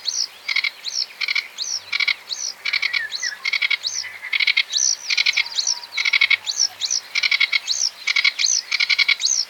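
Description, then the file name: Sedge warbler song: rapid grating note bursts alternating with sharp upslurred whistles, delivered without pause over a quiet background. "kamyshovka barsuchok"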